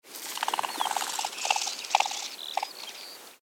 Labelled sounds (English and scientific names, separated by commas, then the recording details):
Grey Partridge (Perdix perdix)
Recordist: Tembrock, Günter
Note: Auffliegend